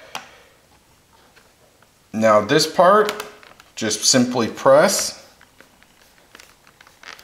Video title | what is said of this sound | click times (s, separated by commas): How To Repair Laptop Screen (Samsung NP-QX410-S02US) | and they snap into place just like that. | 0.2 s